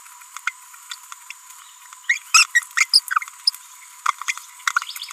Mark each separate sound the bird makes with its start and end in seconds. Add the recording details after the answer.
2.10-2.18, 2.34-2.45, 2.55-2.63, 2.77-2.85, 2.94-3.00, 3.47-3.50, 4.06-4.11, 4.28-4.33. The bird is a female. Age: 30 days. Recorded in a nest box in Venezuela. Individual 17B42B3